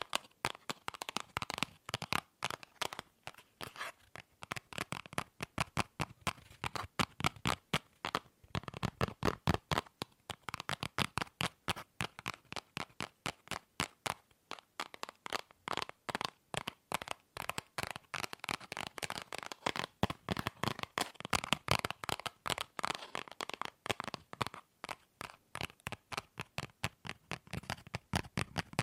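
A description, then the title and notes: Tapping on objects in dense runs of sharp, bright clicks, shifting between fast bursts and slower, more spaced strikes throughout. ASMR Fast & Slow Tapping on 6 Objects No Talking.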